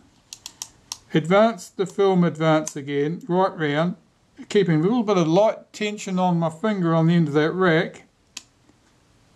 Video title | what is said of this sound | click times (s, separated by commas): Kodak Retina IIa camera strip-down and service part 07 | And then I feel it click in one more tooth. | 8.4 s